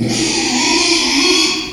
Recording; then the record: squeal of a Yucatan mini pig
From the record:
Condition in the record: after surgery on the right vocal fold (resection and tissue-engineered implant); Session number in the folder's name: 2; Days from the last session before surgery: 13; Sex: male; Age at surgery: 12 weeks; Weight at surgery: 13 kg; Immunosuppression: cyclosporine, prednisolone